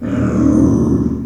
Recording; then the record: squeal of a Yucatan mini pig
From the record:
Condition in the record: after surgery on the right vocal fold (resection and tissue-engineered implant); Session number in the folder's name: 11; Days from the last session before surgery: 98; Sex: female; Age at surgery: 19 weeks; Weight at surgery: 25 kg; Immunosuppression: prednisolone